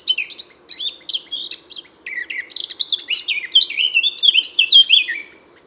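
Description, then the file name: Eurasian blackcap singing a fast, jumbled warble of scratchy chirps that flows into brighter, slurred whistled notes, with a steady low hum in the background. "Sylvia atricapilla"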